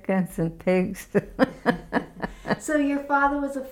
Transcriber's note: laughs